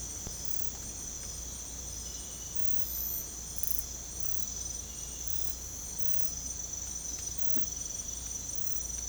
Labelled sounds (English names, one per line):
none